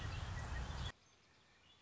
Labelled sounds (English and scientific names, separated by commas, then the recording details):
Red-winged Blackbird (Agelaius phoeniceus)
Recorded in Sonoma County, California